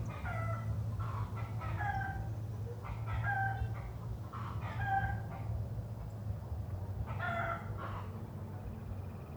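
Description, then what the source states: Chickens clucking in clustered bursts of nasal notes with short pauses, over a steady deep hum. Hens cackling in the city.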